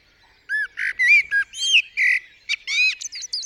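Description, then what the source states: Common blackbird delivering a dense, loud phrase of fluty warbled notes, then a string of squeaky high twitters near the end. Singing on a studio roof in the UK, 8 April 2020 around 7am, still morning during Covid-19 lockdown; recorded with a parabolic dish and mid-side microphone pair.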